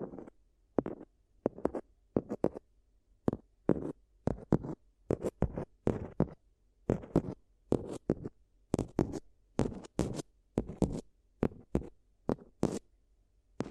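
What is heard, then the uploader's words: ASMR paper sounds: short crisp bursts of crinkling and scraping paper, coming in quick clusters of two or three about every second. The rustles are bright and papery, separated by brief near-silent gaps over a faint low hum, and the pattern stays steady throughout. ASMR If You Had Paper Ears (No Talking).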